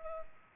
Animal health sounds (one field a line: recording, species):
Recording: mosquito wingbeat signal from an infrared sensor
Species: Culex pipiens